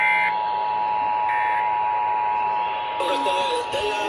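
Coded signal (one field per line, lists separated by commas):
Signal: Emergency Alert System (SAME) tones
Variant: 853 and 960 Hz attention tone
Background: speech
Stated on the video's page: Texas required monthly test originated from two AM stations, relayed via Spectrum Cable, FM stations and a TV station.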